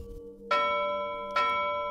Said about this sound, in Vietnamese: Lá phù phát ra 3 tiếng chuông ngân to lớn, không khác gì tiếng trống của Cao Cường lúc nãy